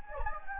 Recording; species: mosquito wingbeat signal from an infrared sensor; Anopheles gambiae